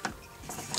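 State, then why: Seated. The plastic fold-out landing gear on the jet mode of a Fansproject WB-003 Assaulter (aka Broadside) transforming toy, which had been catching, clicks fully open at 0.05 s. A quieter stretch follows, then another brief sharp sound at 0.8 s. The landing gear is seated fully open.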